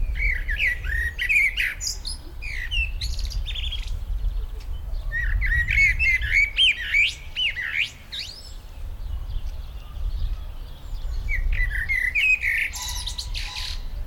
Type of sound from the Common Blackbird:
song